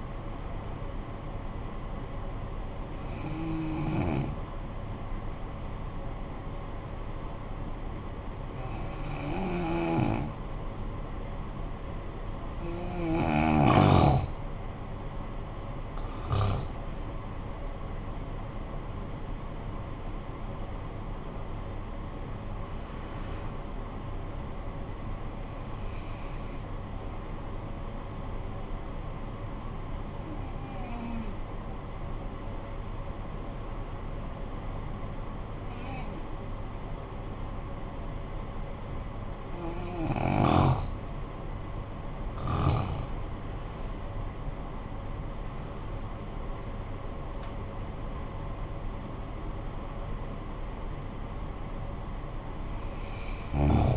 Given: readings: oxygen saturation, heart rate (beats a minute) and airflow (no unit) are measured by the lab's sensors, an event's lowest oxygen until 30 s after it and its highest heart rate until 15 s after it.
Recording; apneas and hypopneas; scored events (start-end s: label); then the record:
breathing in sleep by a smartphone at the bedside; 2
3.00-33.00 s: new sleep stage, N2 (light sleep)
4.00-16.80 s: hypopnea (N2, oxygen 95% highest, then 89% lowest, heart rate 53 at the start, 67 highest)
27.00-42.50 s: hypopnea (N2, oxygen 95% highest, then 88% lowest, heart rate 51 at the start, 71 highest)
33.00-53.97 s: new sleep stage, N1 (lightest sleep)
From the record:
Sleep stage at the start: N1 (lightest sleep); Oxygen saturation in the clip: 89 to 95%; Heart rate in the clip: 50 to 71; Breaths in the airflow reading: 8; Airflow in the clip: -15.5 to 16.4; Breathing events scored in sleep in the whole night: 445 in 7.6 hours asleep